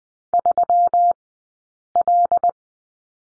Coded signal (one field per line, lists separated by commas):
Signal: Morse code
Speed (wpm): 20 wpm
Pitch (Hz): 700 Hz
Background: none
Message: 3L